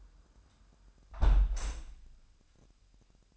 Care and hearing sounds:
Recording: daily activity, microphone in the room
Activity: close window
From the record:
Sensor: 2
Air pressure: 998.4 hPa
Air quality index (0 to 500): 151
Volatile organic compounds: 5 ppm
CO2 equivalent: 1718 ppm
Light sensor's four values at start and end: 13/30/13/15 and 12/29/12/14

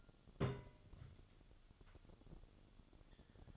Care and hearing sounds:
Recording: daily activity, microphone in the room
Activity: place on stove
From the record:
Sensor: 4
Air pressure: 1008.9 hPa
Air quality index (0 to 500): 127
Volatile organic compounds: 1 ppm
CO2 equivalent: 931 ppm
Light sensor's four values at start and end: 11/24/9/9 and 11/24/9/9

